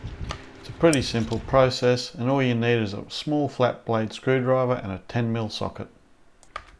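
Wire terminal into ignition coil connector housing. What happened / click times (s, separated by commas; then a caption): The wire terminal clicked into the connector housing / 0.3 s. On a Toyota Camry, a second wire terminal, moved from the old connector, is pushed into a new plastic ignition coil connector housing. It seats with a small click at 0.3 s. Someone then talks through most of the clip, and there are faint ticks near 6.4 s and 6.6 s.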